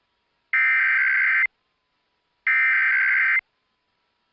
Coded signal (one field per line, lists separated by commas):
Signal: Emergency Alert System (SAME) tones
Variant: header bursts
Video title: Iowa Required Monthly Tests (EAS #976-995)